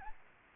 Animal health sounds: mosquito wingbeat signal from an infrared sensor; Aedes albopictus

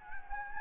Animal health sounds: mosquito wingbeat signal from an infrared sensor; Anopheles gambiae

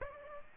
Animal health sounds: mosquito wingbeat signal from an infrared sensor; Aedes aegypti

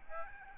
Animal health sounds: mosquito wingbeat signal from an infrared sensor; Aedes albopictus

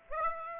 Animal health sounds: mosquito wingbeat signal from an infrared sensor; Aedes aegypti

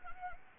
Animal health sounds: mosquito wingbeat signal from an infrared sensor; Anopheles gambiae

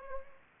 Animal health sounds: mosquito wingbeat signal from an infrared sensor; Anopheles gambiae

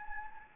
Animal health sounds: mosquito wingbeat signal from an infrared sensor; Anopheles gambiae

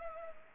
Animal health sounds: mosquito wingbeat signal from an infrared sensor; Culex pipiens

